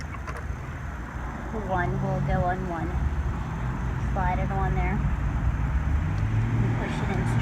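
Someone talks while pushing the second spark plug wire boot, rubber over a metal terminal, onto its ignition coil pack tower on a 2008 PT Cruiser, with a steady low hum underneath. The boot is only being handled; nothing has seated or clicked yet.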